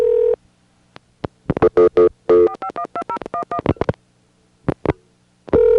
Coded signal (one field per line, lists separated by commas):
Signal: DTMF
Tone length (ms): 80 ms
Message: 4512011